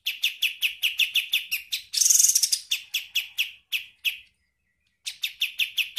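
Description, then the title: Bird chirps: a fast series of sharp, high notes, a brief dense buzzy burst in the middle, a short pause, then the rapid chirping resumes. "Masteran burung"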